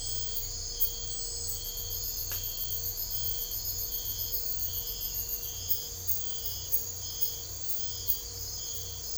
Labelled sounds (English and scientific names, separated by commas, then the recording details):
none
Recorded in secondary vegetation near Puerto Asís, Putumayo, Colombia, on 21 December 2024 at 03:30
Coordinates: 0.498, -76.327
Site GP07